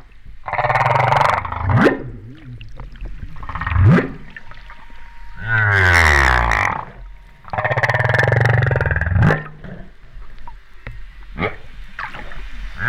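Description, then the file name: Humpback whale vocalizing: a series of harsh roaring bursts and deep pulsed grunts, one strongly harmonic swelling blast midway, interspersed with short sharp pulses. Recorded at La Réunion in 2011. "Baleine Bosse La Reunion 2011"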